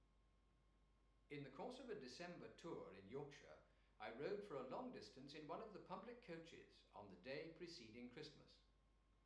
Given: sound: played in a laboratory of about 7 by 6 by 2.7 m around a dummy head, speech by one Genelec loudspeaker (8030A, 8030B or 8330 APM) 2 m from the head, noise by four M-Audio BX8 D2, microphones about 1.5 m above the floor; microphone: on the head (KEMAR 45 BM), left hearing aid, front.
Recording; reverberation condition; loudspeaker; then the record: male speech in English; medium; 90 degrees to the left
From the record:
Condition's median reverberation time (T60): about 510 ms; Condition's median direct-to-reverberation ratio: about -0.5 dB